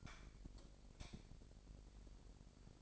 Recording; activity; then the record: daily activity, microphone in the room; light off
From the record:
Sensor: 5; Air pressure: 1012.0 hPa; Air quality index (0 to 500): 249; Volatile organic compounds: 5 ppm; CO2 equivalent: 1716 ppm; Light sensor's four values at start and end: 41/97/40/43 and 39/92/38/40